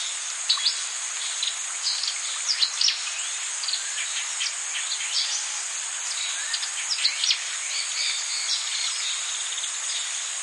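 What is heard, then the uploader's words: Rainforest ambience with a dense, steady high insect drone, scattered quick bird chirps and calls throughout, and almost nothing in the low range. Amazon Rainforest Ambience with Chirping Birds and Wildlife Sounds.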